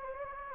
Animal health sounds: mosquito wingbeat signal from an infrared sensor; Anopheles gambiae

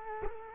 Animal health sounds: mosquito wingbeat signal from an infrared sensor; Culex quinquefasciatus

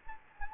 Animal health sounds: mosquito wingbeat signal from an infrared sensor; Anopheles gambiae

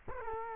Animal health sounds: mosquito wingbeat signal from an infrared sensor; Culex quinquefasciatus

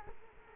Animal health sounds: mosquito wingbeat signal from an infrared sensor; Culex quinquefasciatus

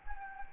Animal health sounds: mosquito wingbeat signal from an infrared sensor; Anopheles gambiae

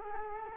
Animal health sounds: mosquito wingbeat signal from an infrared sensor; Culex quinquefasciatus

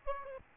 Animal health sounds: mosquito wingbeat signal from an infrared sensor; Aedes albopictus

